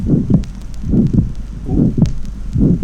The loud pulmonary component is delayed to 0.04 seconds after the softer aortic component.